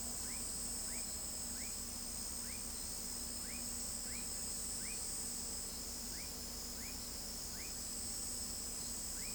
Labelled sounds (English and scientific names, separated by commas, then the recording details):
none
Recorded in pastures near Pivijay, Magdalena, Colombia, on 5 June 2023 at 02:30
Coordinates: 10.456, -74.369
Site P6-G026